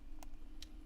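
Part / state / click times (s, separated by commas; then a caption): laptop LCD display cable into motherboard connector / seated / 0.2 s, 0.6 s. A 2015 gaming laptop's LCD display cable, found not fully inserted, is pushed back into its motherboard connector. Two short, sharp clicks at 0.2 s and 0.6 s stand out over a steady low hum, and the cable is now seated.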